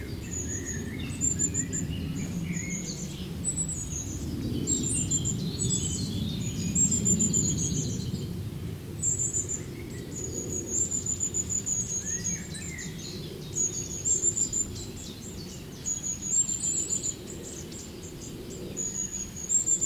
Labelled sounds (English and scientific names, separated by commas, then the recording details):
Eurasian Blue Tit (Cyanistes caeruleus)
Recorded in the wild
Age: adult
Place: Buch, Berlin, DE
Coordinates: 52.641, 13.47
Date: 1992-05-16 11:44
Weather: sonnig, ca. 20-22°C
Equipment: Nagra SN, Mikrofon AKG CK 8, Kopie Tesla B 116
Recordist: Tembrock, Günter